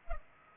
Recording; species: mosquito wingbeat signal from an infrared sensor; Culex pipiens